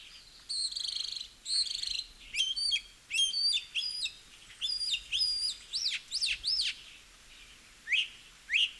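Northern mockingbird delivering a series of varied phrases, each repeated: harsh raspy notes, then high chirps, then rising and falling slurred whistles.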